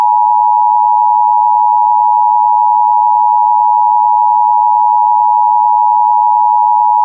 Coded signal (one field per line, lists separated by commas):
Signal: Emergency Alert System (SAME) tones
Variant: 853 and 960 Hz attention tone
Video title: EAS #1110: EAS Required Monthly Test- Sep. 11, 2025- 10:14AM PDT